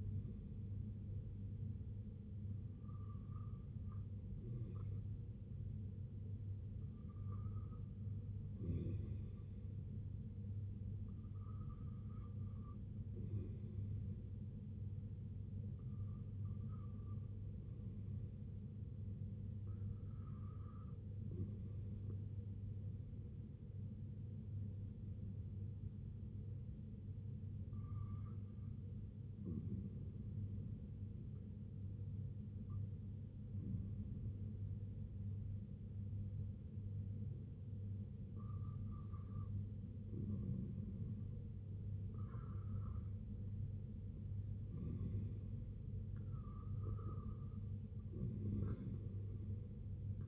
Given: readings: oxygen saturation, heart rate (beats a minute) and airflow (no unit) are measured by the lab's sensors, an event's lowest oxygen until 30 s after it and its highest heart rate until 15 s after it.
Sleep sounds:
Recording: breathing in sleep by a smartphone at the bedside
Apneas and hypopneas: none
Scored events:
none scored
From the record:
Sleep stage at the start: REM sleep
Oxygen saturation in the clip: 95 to 97%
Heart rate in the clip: 63 to 71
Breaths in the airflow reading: 10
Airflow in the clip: -6.6 to 3.4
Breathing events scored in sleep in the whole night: 258 in 7.4 hours asleep

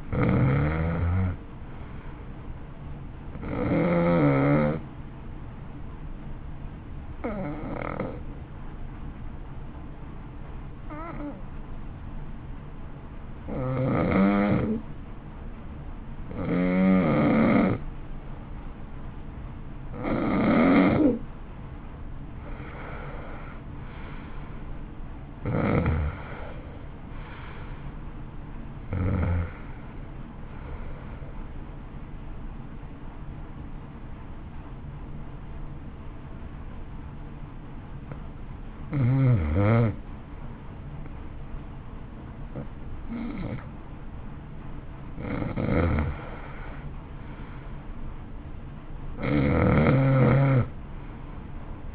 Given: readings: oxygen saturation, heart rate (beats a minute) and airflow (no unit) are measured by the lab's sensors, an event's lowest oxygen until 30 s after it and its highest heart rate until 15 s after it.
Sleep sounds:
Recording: breathing in sleep by a smartphone at the bedside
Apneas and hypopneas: 2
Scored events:
4.00-21.40 s: hypopnea (N2, oxygen 92% highest, then 85% lowest, heart rate 58 at the start, 60 highest)
33.00-47.20 s: hypopnea (N2, oxygen 91% highest, then 89% lowest, heart rate 59 at the start, 59 highest)
From the record:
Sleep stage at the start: N2 (light sleep)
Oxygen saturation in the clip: 85 to 93%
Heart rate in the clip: 55 to 60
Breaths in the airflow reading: 13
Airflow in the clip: -14.0 to 12.2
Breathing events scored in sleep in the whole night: 328 in 6.3 hours asleep

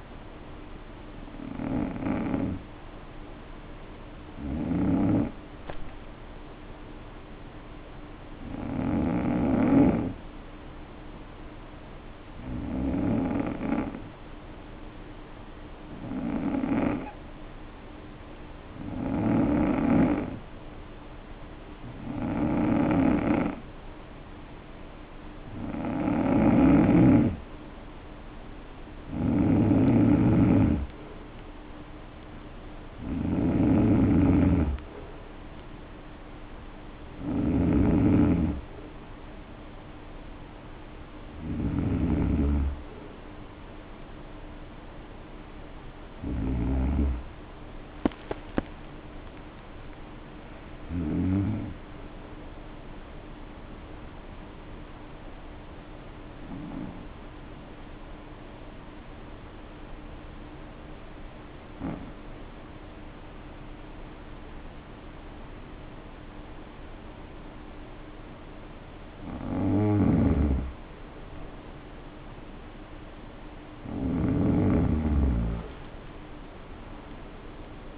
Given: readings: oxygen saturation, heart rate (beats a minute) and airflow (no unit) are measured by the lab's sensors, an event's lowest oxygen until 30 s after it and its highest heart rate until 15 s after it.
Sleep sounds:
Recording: breathing in sleep by a voice recorder at the bedside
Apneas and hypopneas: 2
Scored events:
10.00-28.30 s: hypopnea (N2, oxygen 93% highest, then 89% lowest, heart rate 56 at the start, 59 highest)
55.00-71.90 s: hypopnea (N2, oxygen 95% highest, then 88% lowest, heart rate 54 at the start, 63 highest)
From the record:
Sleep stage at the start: N2 (light sleep)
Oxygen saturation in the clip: 89 to 95%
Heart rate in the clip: 51 to 63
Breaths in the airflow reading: 18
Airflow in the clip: -8.8 to 10.0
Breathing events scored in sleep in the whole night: 520 in 7.2 hours asleep

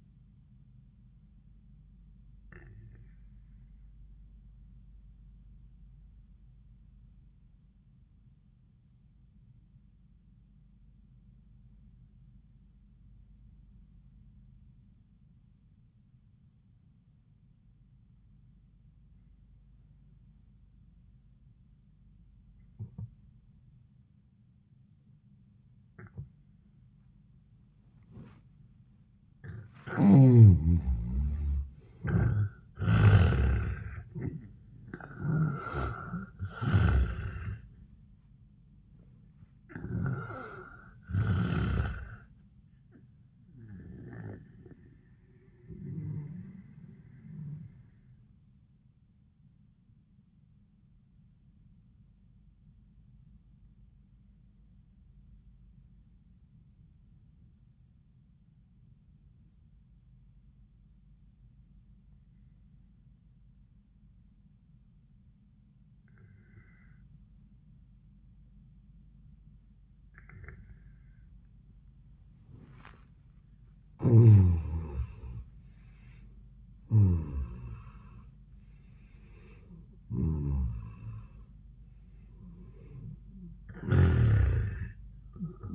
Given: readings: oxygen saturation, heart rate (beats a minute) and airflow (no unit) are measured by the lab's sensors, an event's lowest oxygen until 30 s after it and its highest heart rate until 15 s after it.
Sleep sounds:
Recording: breathing in sleep by a smartphone at the bedside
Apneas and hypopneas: 2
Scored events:
4.00-29.60 s: obstructive apnea (N1, oxygen 97% highest, then 79% lowest, heart rate 92 at the start, 97 highest)
54.00-73.50 s: obstructive apnea (N1, oxygen 98% highest, then 79% lowest, heart rate 85 at the start, 97 highest)
From the record:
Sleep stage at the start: N1 (lightest sleep)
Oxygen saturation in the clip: 77 to 98%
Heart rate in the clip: 76 to 98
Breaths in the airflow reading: 7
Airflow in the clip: -29.4 to 29.5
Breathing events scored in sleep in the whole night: 400 in 8.7 hours asleep

